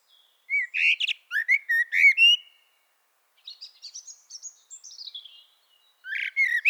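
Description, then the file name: Eurasian blackbird singing a mellow fluted phrase with sharp high squeaks, followed by a soft thin twittering strand and the start of a new warble. "Turdus merula"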